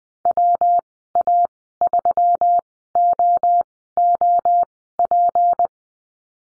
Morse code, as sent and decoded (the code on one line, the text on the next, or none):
.-- .- ...-- --- --- .--.
WA3OOP